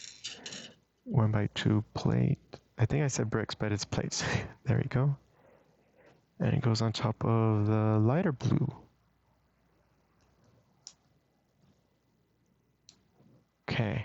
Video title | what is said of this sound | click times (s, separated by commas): Learning From The Pros - BRICKCRAFT - Blue Sunflower | think I did hear it snap, but it does require some pressure. | 10.9 s, 12.9 s